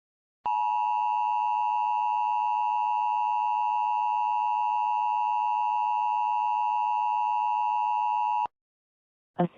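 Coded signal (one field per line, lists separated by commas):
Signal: Emergency Alert System (SAME) tones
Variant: 853 and 960 Hz attention tone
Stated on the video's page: Fictional EAS scenario about a meteor, created with macros; a simulated alert, not real.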